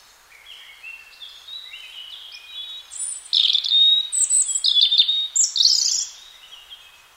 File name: robin